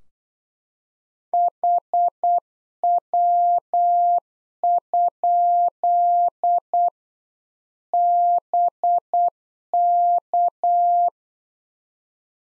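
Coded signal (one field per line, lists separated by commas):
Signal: Morse code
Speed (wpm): 8 wpm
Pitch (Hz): 700 Hz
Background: none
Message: HW? BK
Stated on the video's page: Practice QSO lesson at 8 wpm, one side of a complete exchange; each segment sent in Morse, spoken, then sent again.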